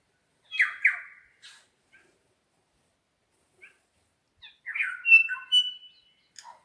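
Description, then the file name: New Zealand bellbird singing two short bursts of ringing notes separated by a long quiet stretch with only faint isolated chips. More than one bellbird singing in the Craigieburn Range, New Zealand. "New Zealand Bellbirds (Anthornis melanura) singing in Craigieburn Range"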